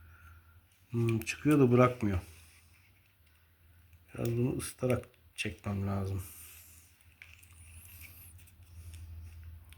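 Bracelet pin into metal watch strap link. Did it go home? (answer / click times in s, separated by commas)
no / none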